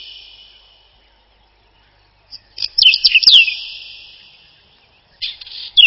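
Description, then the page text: Whinchat singing a fast phrase of slurred whistles and crackling notes, followed a couple of seconds later by the start of another phrase. Song described as a short twittering trill. "Луговой чекан — Saxicola rubetra"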